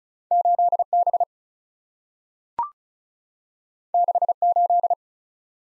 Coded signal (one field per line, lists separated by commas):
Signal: Morse code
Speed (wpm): 36 wpm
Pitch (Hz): 700 Hz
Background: none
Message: 8B 68